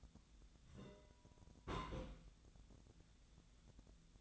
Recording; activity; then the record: daily activity, microphone in the room; place on stove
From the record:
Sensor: 3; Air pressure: 1009.9 hPa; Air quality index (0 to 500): 186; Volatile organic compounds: 13 ppm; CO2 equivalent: 2428 ppm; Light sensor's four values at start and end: 42/105/45/48 and 42/105/45/48